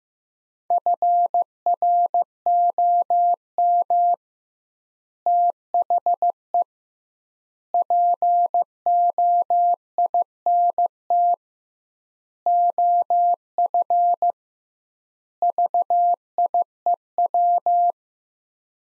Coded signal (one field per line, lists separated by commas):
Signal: Morse code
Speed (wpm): 15 wpm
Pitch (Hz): 700 Hz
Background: none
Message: FROM THE POINT OF VIEW